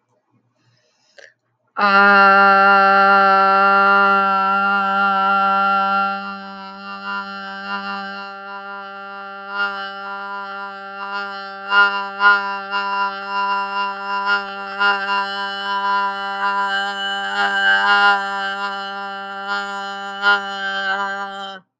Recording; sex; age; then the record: vowel held as long as possible; female; 40 to 49 years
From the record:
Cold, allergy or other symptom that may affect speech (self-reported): no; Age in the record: 46 years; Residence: California, United States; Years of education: 16